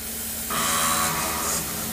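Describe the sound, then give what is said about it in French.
A printer starts up after a 1993 PC running Windows 95 boots: after a brief quiet moment, a steady hissing mechanical whir kicks in with a faint tonal hum running through it, holding fairly even to the end. “Ça, c'est l'imprimante, évidemment.”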